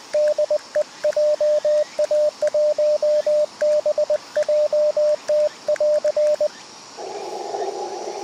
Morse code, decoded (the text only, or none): DE JA1BJT <AR>